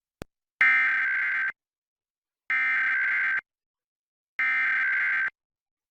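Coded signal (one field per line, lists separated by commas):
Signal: Emergency Alert System (SAME) tones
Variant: header bursts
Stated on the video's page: National EAS Test as carried on a TV station's subchannel feeds.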